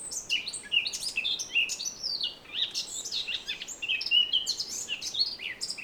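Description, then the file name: Eurasian blackcap song, a busy stream of scratchy twitters and thin whistled notes, dense and nearly continuous with only a brief lull. "Sylvia atricapilla"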